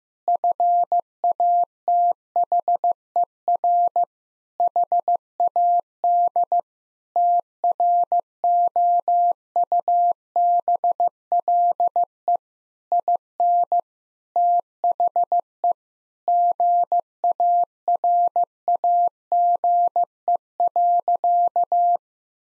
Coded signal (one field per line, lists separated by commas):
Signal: Morse code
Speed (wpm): 15 wpm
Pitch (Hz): 700 Hz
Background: none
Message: FATHER HAD TROUBLE IN THE GARAGE.